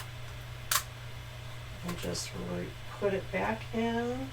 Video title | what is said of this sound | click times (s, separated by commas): Man Cave Gifts - Man Cave Signs - Beginner-Friendly Video using Cricut's Infusible Ink & Aluminum. | kind of funny when you get used to working with this you can kind of feel it snap into place so | 0.7 s